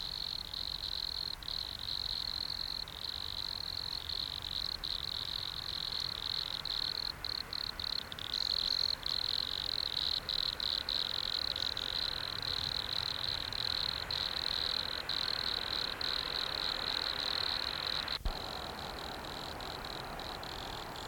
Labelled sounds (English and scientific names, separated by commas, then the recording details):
Wood Cricket (Nemobius sylvestris) stridulation
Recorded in the wild
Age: imago
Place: Treuchtlingen, Naturpark Altmühltal, Bayern, DE
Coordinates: 48.96, 10.91
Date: 1993-09-17
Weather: 14°C, Sonnig
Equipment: Marantz CP 430, Sennheiser MKH 416 T, Kopie Uher Variocord 263
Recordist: Tembrock, Günter
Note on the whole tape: Lautsequenzen